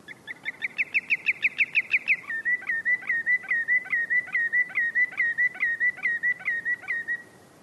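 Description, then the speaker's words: Greenshank calling: a rapid series of clear, ringing notes, first quicker and slightly higher, then settling into a steadier, slower series. Calling from the rocky shore of an uninhabited island surrounded by high cliffs, near a small sheltered bay, mid-afternoon sunshine. "Along the way, a greenshank calls from the rocky shore."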